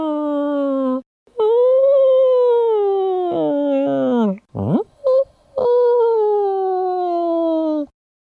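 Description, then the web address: Cat producing drawn-out tonal yowls that slowly fall in pitch, broken midway by short sharp rising and falling cries before a final long moan. Domestic cat giving a warning growl. "Cat Warning"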